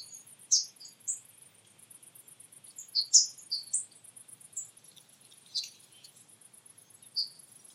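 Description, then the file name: Marsh tit calls: several sharp, high chirped notes, irregularly spaced, some close together. "Poecile palustris"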